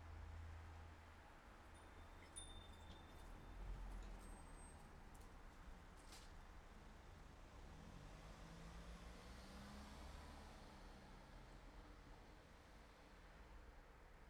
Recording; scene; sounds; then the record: everyday scene through a hearing-aid microphone; in traffic; traffic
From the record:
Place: city secondary road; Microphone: behind the ear, left, front